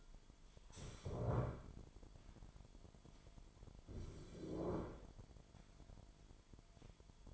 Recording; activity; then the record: daily activity, microphone in the room; stand up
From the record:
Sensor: 5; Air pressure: 998.7 hPa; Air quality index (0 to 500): 94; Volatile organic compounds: 2 ppm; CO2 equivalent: 1081 ppm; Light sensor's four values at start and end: 31/74/31/35 and 31/74/31/35